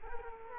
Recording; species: mosquito wingbeat signal from an infrared sensor; Culex quinquefasciatus